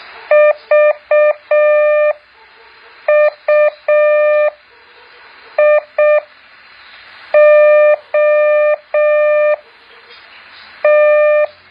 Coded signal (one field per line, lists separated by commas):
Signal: Morse code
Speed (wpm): 6 wpm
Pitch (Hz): 600 Hz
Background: none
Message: VUIOT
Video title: แบบฝึกหัด Morse code 2.2